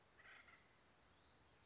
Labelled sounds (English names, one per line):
Acorn Woodpecker